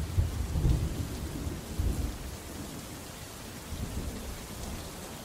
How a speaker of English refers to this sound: A prevailing storm from the northeast, blowing down cold Arctic air, which carried with it the heaviest of rainfall.